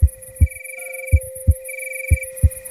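Steady paired lub-dub thumps at about 58 beats a minute over a soft tonal hum: a normal heartbeat.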